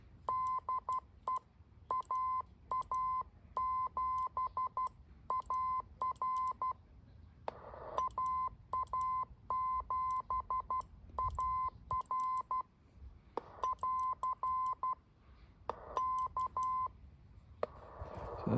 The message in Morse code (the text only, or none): DE AA7AR AA7AR <AR> K